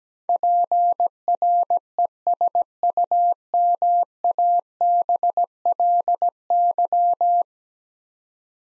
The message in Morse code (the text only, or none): PRESUMABLY